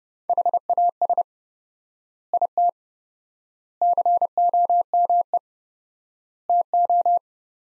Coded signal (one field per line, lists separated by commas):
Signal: Morse code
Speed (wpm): 32 wpm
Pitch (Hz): 700 Hz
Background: none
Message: HAS IT COME TO